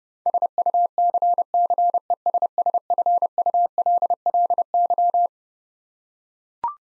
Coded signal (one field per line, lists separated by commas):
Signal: Morse code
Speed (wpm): 32 wpm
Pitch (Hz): 700 Hz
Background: none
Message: SUCCESSFULLY